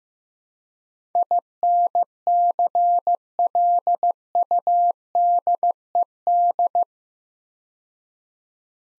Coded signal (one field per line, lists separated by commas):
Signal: Morse code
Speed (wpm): 15 wpm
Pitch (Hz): 700 Hz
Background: none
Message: INCLUDED